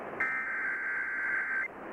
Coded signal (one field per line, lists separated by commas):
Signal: Emergency Alert System (SAME) tones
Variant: header bursts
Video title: February 24, 2018 Severe Weather Event (EAS #451-459)